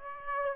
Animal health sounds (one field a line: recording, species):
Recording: mosquito wingbeat signal from an infrared sensor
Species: Aedes aegypti